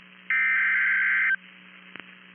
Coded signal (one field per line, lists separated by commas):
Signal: Emergency Alert System (SAME) tones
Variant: header bursts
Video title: Remaining EAS Alerts from 08/29/2025 (EAS #444-#447)